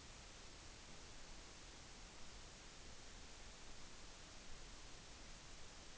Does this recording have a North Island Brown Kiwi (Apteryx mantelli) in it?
no